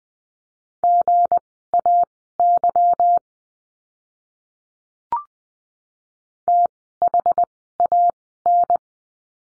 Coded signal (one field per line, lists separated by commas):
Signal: Morse code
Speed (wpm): 19 wpm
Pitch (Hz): 700 Hz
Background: none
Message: GAY THAN